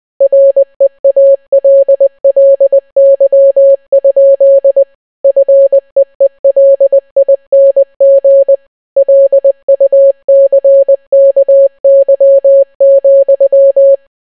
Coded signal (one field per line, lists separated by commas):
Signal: Morse code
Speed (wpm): 20 wpm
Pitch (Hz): 550 Hz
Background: none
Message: REALLY? FEELING LUCKY,